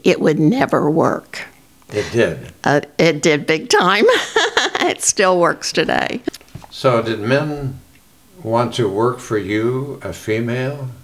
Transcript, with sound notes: It would never work.
It did.
It did -- big time. (Laughing) It still works today.
So did men want to work for you, a female?